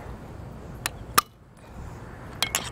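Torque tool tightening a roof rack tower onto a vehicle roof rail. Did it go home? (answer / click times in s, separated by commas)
yes / 1.2 s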